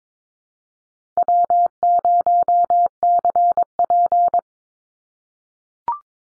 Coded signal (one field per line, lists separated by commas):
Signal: Morse code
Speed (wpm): 22 wpm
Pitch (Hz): 700 Hz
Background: none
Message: W0CP